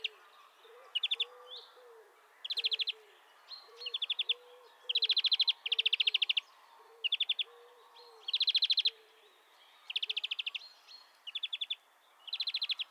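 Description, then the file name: European greenfinch giving short, rapid rattling trills again and again. "Chloris chloris"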